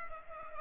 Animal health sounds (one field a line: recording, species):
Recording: mosquito wingbeat signal from an infrared sensor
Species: Culex pipiens